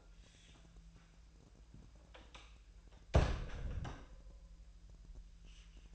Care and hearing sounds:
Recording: daily activity, microphone in the room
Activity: close door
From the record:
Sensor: 2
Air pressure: 1001.2 hPa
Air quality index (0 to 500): 249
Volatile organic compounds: 90 ppm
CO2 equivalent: 3682 ppm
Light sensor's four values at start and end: 9/22/9/9 and 10/23/10/10

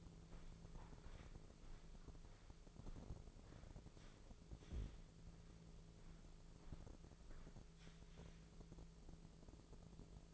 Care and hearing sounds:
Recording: daily activity, microphone in the room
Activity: walk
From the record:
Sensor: 5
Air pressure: 1005.7 hPa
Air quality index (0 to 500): 85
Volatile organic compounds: 2 ppm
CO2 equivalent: 1032 ppm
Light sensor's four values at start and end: 33/76/30/28 and 33/76/30/28

